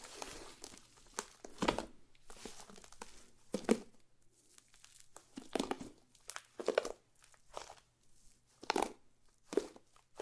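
Slime being squished and pulled gives wet crinkling pops in irregular bursts every second or two, with quiet gaps and a faint low hum.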